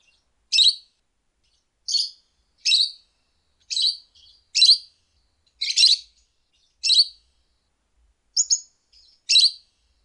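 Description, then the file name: Lovebird calls: loud shrill squawks repeated roughly once a second, each short and harsh, with brief silences between. "suara call lovebird"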